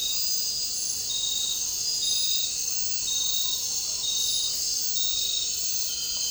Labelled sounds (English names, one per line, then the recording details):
none
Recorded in dense forest near Puerto Asís, Putumayo, Colombia, on 8 March 2025 at 23:30
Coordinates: 0.467, -76.328
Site G041